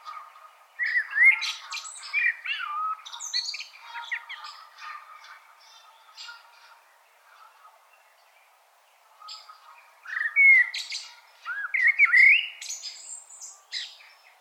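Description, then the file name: Common blackbird song, several warbled phrases of mellow whistles mixed with scratchy high twitters, separated by a short quiet gap midway. "Turdus merula"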